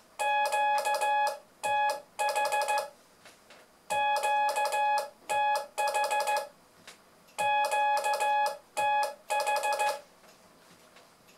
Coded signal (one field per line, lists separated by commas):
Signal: Morse code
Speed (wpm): 15 wpm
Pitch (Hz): 840 Hz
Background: none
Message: QTH QTH QTH